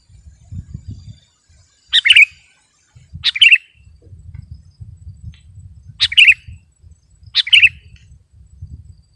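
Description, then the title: Sooty-headed bulbul song: four brief chirpy bursts at irregular gaps of one to three seconds, over intermittent low rumbling. "kutilang"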